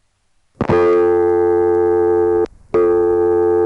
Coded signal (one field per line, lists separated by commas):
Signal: telephone call progress tone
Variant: North America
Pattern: dial tone